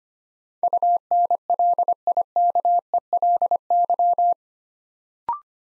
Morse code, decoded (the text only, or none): UNLIKELY